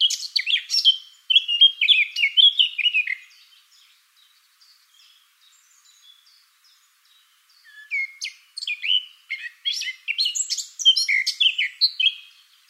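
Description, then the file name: Eurasian blackcap song in two bursts: a lively chattering warble, then several seconds of faint notes, then another fast varied warble with sweeping whistled notes. "Sylvia atricapilla"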